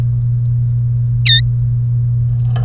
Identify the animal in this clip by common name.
Domestic Canary